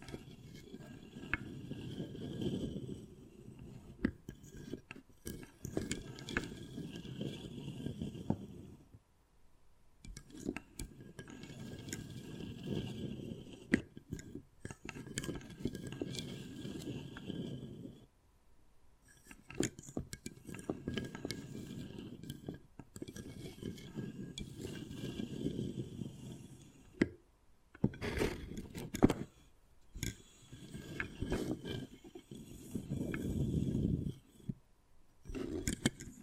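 Wood carving sounds: rough scraping and scratching strokes come in bursts of several seconds, separated by short pauses near 9, 15, 19 and 27 seconds. Sharp taps and clicks punctuate the scraping, with a louder, heavier stretch around 33 seconds.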